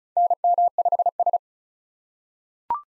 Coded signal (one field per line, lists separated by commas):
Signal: Morse code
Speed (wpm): 36 wpm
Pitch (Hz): 700 Hz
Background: none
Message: NM5S